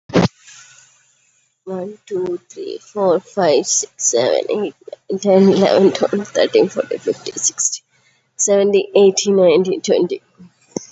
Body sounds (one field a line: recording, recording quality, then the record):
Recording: counting at a fast pace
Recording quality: excellent, no background noise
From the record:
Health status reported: COVID-19 positive, mild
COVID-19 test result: positive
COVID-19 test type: RT-PCR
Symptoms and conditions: cough, cold, sore throat, fever, fatigue, muscle pain, another condition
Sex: female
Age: 32 years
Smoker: no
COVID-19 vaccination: both doses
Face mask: not worn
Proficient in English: yes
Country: India